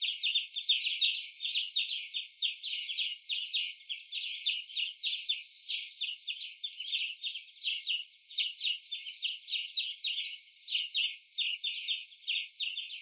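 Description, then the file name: European greenfinch: a steady run of rapid, bright chirps and twitters lasting the whole stretch. "Chloris chloris"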